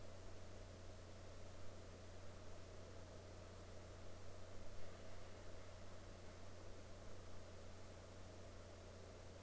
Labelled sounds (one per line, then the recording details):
man-made sound
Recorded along the Dempster Highway, Canada, on 5 May 2019 at 04:45
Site 13